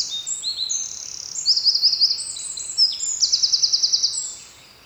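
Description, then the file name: Eurasian wren song, shrill and hurried, with rapid trills and a long even rattle of repeated notes before fading into quiet. "Troglodytes troglodytes"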